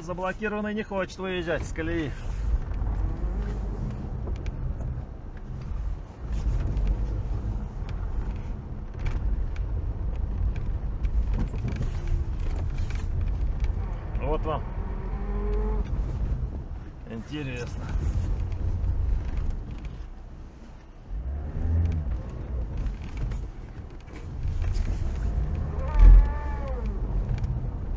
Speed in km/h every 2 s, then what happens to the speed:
0, 4, 2, 0, 5, 0, 0, 3, 0, 0, 3, 0, 0, 0.
0-6 standing. 9-28 standing.